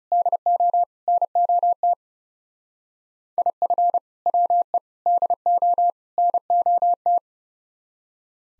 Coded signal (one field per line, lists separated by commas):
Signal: Morse code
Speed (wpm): 36 wpm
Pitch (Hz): 700 Hz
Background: none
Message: DO NOT IF WE DO NOT